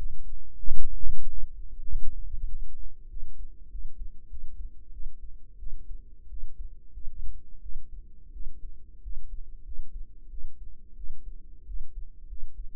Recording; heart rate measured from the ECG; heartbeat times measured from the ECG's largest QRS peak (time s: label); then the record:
heart sounds by microphone in the right ear; 93 bpm
0.63 s: heartbeat
1.29 s: heartbeat
1.88 s: heartbeat
2.48 s: heartbeat
3.09 s: heartbeat
3.71 s: heartbeat
4.30 s: heartbeat
4.92 s: heartbeat
5.59 s: heartbeat
6.29 s: heartbeat
6.93 s: heartbeat
7.62 s: heartbeat
8.32 s: heartbeat
9.02 s: heartbeat
9.64 s: heartbeat
10.30 s: heartbeat
10.96 s: heartbeat
11.66 s: heartbeat
12.28 s: heartbeat
From the record:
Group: healthy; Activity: rest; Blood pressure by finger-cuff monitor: 100/63 mmHg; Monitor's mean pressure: 74 mmHg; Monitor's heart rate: 93 bpm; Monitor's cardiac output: 7.6 L/min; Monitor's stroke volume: 81 mL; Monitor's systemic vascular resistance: 700 dyn s/cm5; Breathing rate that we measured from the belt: 23 breaths a minute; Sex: female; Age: 19 years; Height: 163 cm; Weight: 48.9 kg